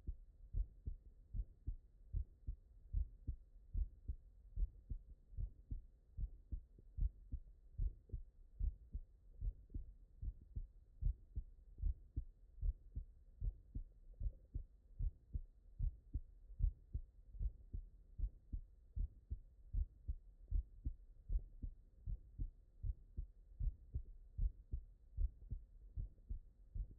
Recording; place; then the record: heart sounds by stethoscope; tricuspid valve (TV)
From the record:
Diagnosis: non-HFrEF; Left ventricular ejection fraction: 66%